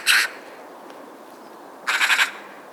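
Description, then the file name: Eurasian magpie calling with a harsh single chak, then after a pause a rapid rattling chatter of several grating notes. "Pica pica"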